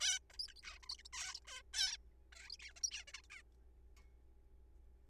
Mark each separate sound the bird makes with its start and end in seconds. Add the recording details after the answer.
0.01-0.19, 0.30-0.33, 0.34-0.38, 0.39-0.47, 0.48-0.53, 0.56-0.61, 0.63-0.79, 0.83-0.85, 0.86-0.97, 0.98-1.02, 1.05-1.09, 1.13-1.34, 1.35-1.39, 1.45-1.47, 1.47-1.62, 1.74-1.97, 2.33-2.57, 2.60-2.72, 2.76-2.80, 2.84-2.90, 2.91-3.04, 3.08-3.12, 3.14-3.21, 3.24-3.27, 3.30-3.42. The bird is a juvenile. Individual R3428